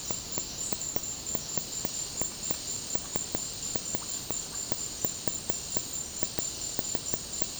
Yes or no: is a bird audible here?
no